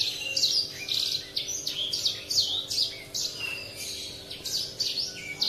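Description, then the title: Oriental magpie-robin singing a fast, varied medley of sweet whistles and short buzzy notes, phrases tumbling one after another with barely a break. "Kicau Kacer"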